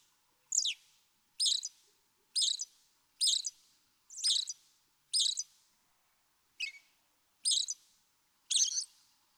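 American robin song of quick, thin, high-pitched warbled phrases repeated about once per second.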